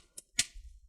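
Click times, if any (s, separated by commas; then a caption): 0.2 s, 0.4 s. A guitar pick is wedged between the plastic bottom cover and top cover of a Lenovo IdeaPad 110 17ISK (80VL) laptop and twisted until the snap clips release. Two sharp clicks are heard at 0.2 s and 0.4 s, the second louder, followed by low rumbling. The bottom cover's clips release from the top cover.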